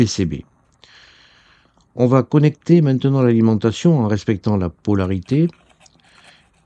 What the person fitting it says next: elle vient s'insérer dans le boîtier vous entendez un petit clic qui vous signifie que elle est parfaitement en place